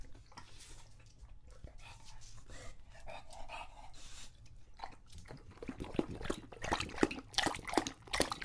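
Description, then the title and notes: English Bulldog drinking, with quieter wet sounds at first, then louder splashing laps and slurps in the final seconds. English Bulldog named Lucho, male, drinking from a water bowl after a long walk; out of breath, heavy breathing in between drinks, drinks for a long time. "English Bulldog Drinks from Water Bowl - Weird Sounds. listen to Lucho the English Bulldog as he tries to drink water after a long walk. Don't let his heavy breathing fool you in between drinks, he's equally out of breath from the walk"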